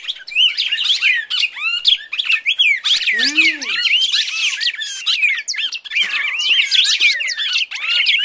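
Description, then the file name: Red-crested Cardinal fighting calls: busy overlapping chirps and quick whistled slurs throughout, with one lower, downward-arching harsh note near the middle. Fighting (tarung) call style. "suara burung red crested cardinal tarung omkicau"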